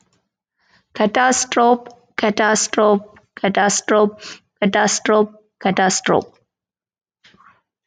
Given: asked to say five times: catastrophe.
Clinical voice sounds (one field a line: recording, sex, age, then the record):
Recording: repeated word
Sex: female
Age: 30 to 39 years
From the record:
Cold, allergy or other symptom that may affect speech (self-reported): no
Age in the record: 30 years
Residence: Georgia, United States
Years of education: 18